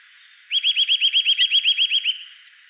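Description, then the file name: Eurasian nuthatch trill: one quick run of many sharp, ringing notes, delivered evenly over about one and a half seconds. "Sitta europaea"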